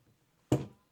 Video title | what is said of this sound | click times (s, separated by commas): SunPro Camping Stool, Portable Folding Stool with Carry Bag, 12in Portable Folding Chair | When it's all locked in, you're ready to use it to sit on. | 0.5 s